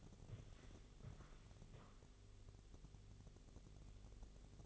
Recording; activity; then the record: daily activity, microphone in the room; walk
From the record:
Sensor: 4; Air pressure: 1001.3 hPa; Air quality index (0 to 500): 174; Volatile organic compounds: 2 ppm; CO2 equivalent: 1250 ppm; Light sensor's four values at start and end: 14/32/13/13 and 14/32/13/13